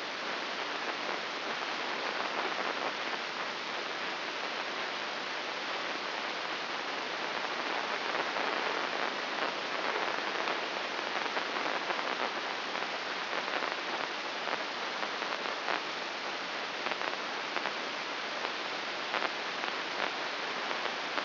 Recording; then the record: brain microelectrode recording played as sound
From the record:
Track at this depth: inside the subthalamic nucleus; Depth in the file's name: 5.801 mm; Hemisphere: right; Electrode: 2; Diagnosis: Parkinson's disease